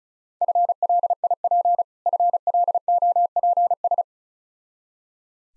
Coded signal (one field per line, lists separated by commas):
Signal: Morse code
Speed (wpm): 34 wpm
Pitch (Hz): 700 Hz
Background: none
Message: FLIP FLOPS